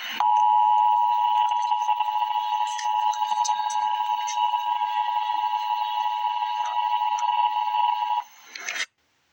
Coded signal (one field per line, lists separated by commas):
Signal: Emergency Alert System (SAME) tones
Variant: 853 and 960 Hz attention tone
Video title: Emergency Alert System - Severe Thunderstorm Warning - Apr 3, 2025 at 12:19 AM EDT